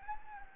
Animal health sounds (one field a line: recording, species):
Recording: mosquito wingbeat signal from an infrared sensor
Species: Anopheles gambiae